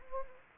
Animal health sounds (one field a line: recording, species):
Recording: mosquito wingbeat signal from an infrared sensor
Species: Anopheles gambiae